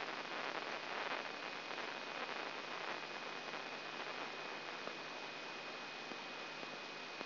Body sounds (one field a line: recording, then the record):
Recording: brain microelectrode recording played as sound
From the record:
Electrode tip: inside the subthalamic nucleus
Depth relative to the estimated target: -3 mm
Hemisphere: left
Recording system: AlphaMap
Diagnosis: Parkinson's disease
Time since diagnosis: 9 years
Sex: male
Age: 66 years